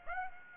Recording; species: mosquito wingbeat signal from an infrared sensor; Aedes aegypti